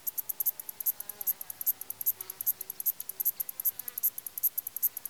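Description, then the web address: Cricket chirping in a steady run of high, sharp pulses, several each second, with faint low background hum. Countryside, Greece. "BBC Sound Effects Library- (Greece) Countrysde crikets"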